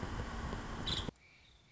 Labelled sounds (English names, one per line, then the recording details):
Nuttall's Woodpecker
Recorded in Sonoma County, California